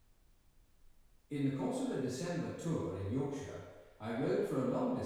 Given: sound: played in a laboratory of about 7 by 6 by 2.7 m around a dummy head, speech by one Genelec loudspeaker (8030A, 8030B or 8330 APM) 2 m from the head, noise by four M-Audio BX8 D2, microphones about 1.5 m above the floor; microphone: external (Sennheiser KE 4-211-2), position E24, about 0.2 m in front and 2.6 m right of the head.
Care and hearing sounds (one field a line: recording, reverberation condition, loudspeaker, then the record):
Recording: male speech in English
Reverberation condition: high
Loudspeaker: 30 degrees to the right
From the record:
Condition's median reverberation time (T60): about 1300 ms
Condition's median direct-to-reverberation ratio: about -4.0 dB